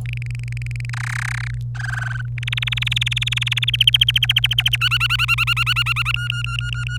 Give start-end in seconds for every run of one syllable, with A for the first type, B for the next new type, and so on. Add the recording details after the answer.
0.06-0.90 A, 0.93-1.55 B, 1.75-2.22 C, 2.38-3.90 D, 3.94-4.76 E, 4.81-6.12 F, 6.14-6.98 G. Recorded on 26 April 2018 at 09:53. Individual llb3